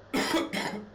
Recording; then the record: coughing mixed with background sound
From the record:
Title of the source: Man Coughing Sound - Wet Cough Sound Effect